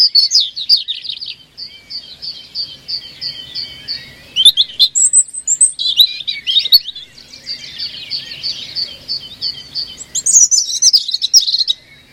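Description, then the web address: European robin song: repeated high chirps followed by rushing, varied twitters, broken by brief pauses. "Deverinetal 2025"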